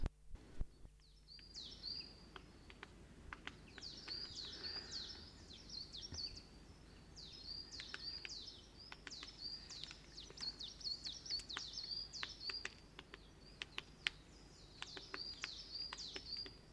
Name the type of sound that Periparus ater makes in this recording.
song